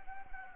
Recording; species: mosquito wingbeat signal from an infrared sensor; Anopheles gambiae